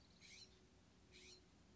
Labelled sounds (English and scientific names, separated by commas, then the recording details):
California Scrub-Jay (Aphelocoma californica)
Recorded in Sonoma County, California